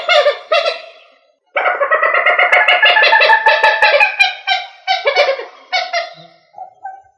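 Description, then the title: Rail calls: noisy, nasal squeals in fast repeated bursts, with a brief silence between runs, fading at the end. "Familia Rallidae"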